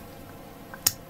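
A plastic clamp-type part of an MG Full Armor Unicorn Gundam model kit is held in a set position and slid in through the back of the kit's arm assembly. After a faint tick at 0.7 s, a sharp, bright click sounds at 0.9 s as the part seats.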